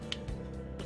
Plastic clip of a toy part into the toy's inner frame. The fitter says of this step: 扣上了啊，到这边，然后的话，最后就把这个板子给，不对，应该是先把